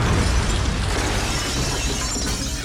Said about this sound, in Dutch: Stelt u zich eens voor een rustige namiddag in de lente. Barbecue staat aan, lekker buiten zitten met het gezin. En dan valt opeens een rakettrap in de achtertuin.